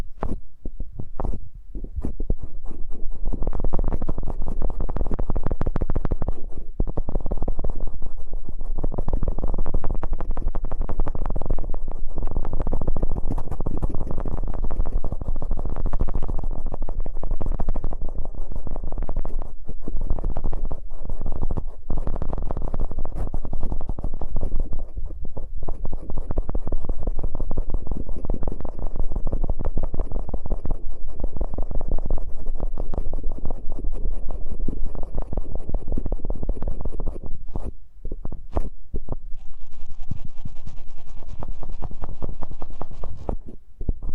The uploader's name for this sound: ASMR Intimate Eardrum Massage